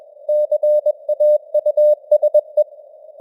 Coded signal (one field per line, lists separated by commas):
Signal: Morse code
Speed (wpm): 21 wpm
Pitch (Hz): 600 Hz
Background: none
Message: CAUSE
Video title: Morse Code News | 2025-10-11 | 21wpm